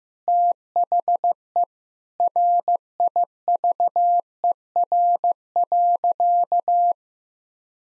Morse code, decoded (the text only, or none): THE RIVER.